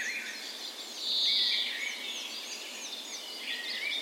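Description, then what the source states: Birds in a birds, a loud buzzy trill early on, amid a series of quick repeated chirps and whistles from other birds. Birds' birds in a park west in Bergen, Norway, on the morning of 17 May (National Day) in full spring; recorded with a Sony PCM A10 and LOM micro Usi microphones as tree ears.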